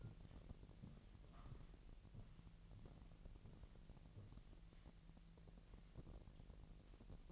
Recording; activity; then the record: daily activity, microphone in the room; walk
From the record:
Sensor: 4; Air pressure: 1002.9 hPa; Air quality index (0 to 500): 246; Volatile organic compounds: 26 ppm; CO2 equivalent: 2868 ppm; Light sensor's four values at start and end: 8/17/7/7 and 7/17/7/7